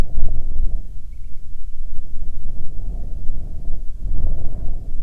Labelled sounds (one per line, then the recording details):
bird
wind
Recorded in the Arctic National Wildlife Refuge, Alaska, on 9 July 2019 at 21:32
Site 48